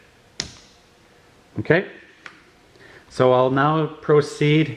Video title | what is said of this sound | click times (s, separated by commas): Oil Change and Maintenance of 2006 Honda Aqua Trax F-12 | the cylinder and make sure you press this in until you hear the click | 0.4 s